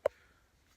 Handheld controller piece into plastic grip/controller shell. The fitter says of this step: you guys hear it click and plus there I'm